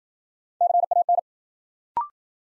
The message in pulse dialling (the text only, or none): none